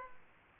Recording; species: mosquito wingbeat signal from an infrared sensor; Aedes aegypti